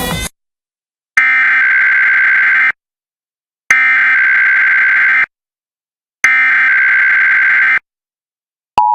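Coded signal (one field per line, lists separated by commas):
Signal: Emergency Alert System (SAME) tones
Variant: header bursts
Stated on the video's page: Real US EAS alerts recorded during the year: required weekly tests, special marine warnings and flash flood warnings from various regions and broadcasters.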